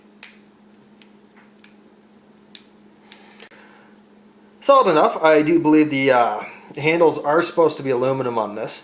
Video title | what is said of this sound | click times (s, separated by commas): Review of the Gerber Suspension and Bob's Leather Sheath, Amherstburg Ontario | one thing I do like is when they do open they're camped and you can hear a positive click when the handles actually engage solid | 0.2 s, 2.6 s